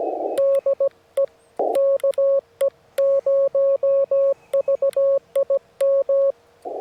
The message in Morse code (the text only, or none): DE KE0VIM